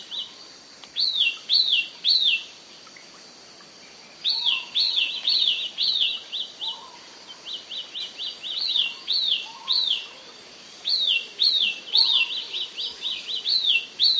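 Broad-billed flycatcher repeating phrases of quick, arched high notes with short pauses between phrases, a constant high-pitched insect whine, and soft lower chirps behind.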